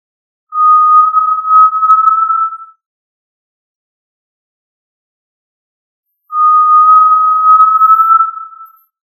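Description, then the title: Tinamou whistling two long, pure, level notes about two seconds each, separated by a pause of roughly three and a half seconds, with no other sounds. "Familia Tinamidae"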